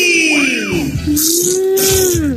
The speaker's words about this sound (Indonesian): Itu terus apa yang kriuk-kriuk di mulut? Chicken crunchy. Baru Tasty nih yang punya.